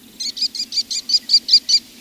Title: American Kestrel